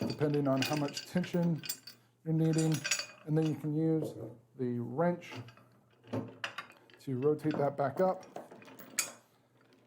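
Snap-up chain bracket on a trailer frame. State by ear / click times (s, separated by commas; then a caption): seated / 9.0 s. A wrench rotates the steel snap-up chain bracket of a Blue Ox SwayPro weight distribution hitch with sway control for a 2" hitch upward on a trailer frame, tensioning the spring bar chain while someone talks. Metallic clanks sound around 6.4 s, and a sharp click at 9.0 s marks the bracket locking into place, seated and secure.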